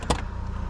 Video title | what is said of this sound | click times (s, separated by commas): 1985 Ford Thunderbird Turbo Coupe Manual w/50K Miles POV Test Drive/Review | yeah, these doors are massive, but they have the most satisfying click. | 0.1 s